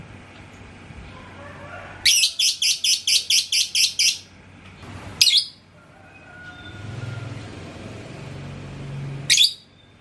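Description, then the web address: Lovebird calls: a rapid burst of shrill, scratchy chirps, then two separate single chirps after pauses, with faint whistles in the background. "love-bird suara-lovebird-paud"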